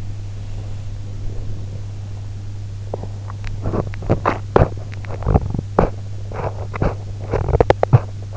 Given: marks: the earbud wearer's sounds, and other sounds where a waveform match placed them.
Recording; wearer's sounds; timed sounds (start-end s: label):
sounds in sleep by an in-ear microphone; breath, teeth grinding
0.42-2.59 s: breath
2.59-8.36 s: teeth grinding